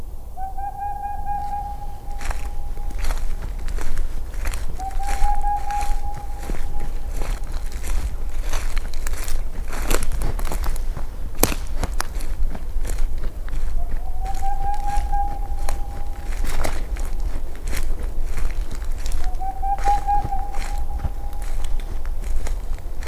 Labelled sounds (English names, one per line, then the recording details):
Boreal Owl
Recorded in the wild
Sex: male
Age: adult
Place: Altsorgefeld, NSG Rochauer Heide, Brandenburg, DE
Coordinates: 51.7819, 13.5408
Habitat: wood
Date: 2007-02-19 18:45
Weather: 3-4 °C, windstill
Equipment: Sound Devices 702, Sennheiser MKH 70, Windkorb
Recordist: Frommolt, Karl-Heinz